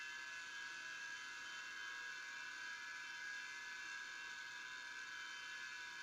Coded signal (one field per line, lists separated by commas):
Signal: FT8